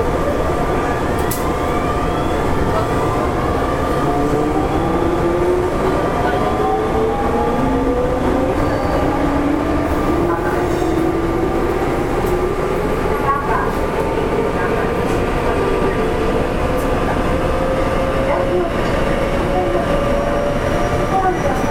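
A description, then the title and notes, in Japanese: A 7000 series train runs steadily with a dense low rumble, a constant whine and slowly rising motor tones throughout, plus occasional clicks. 近畿日本鉄道７０００系電車の走行音です。大阪市営地下鉄中央線への直通列車で録音しました。区間は、生駒から谷町４丁目までです。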